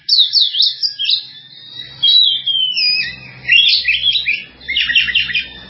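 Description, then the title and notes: Bird delivering a continuous warbling song of fast chirps, trills and gliding whistles, with a soft low hum underneath. "Bird Sound. Kicau Burung Lengkap"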